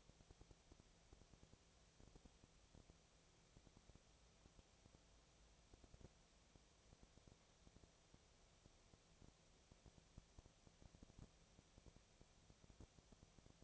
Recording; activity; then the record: daily activity, microphone in the room; no activity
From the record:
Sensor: 1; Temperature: 19.6 degrees Celsius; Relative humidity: 36.5%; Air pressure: 996.9 hPa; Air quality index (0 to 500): 204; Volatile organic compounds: 129 ppm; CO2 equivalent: 3921 ppm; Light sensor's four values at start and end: 1/2/1/1 and 1/2/1/1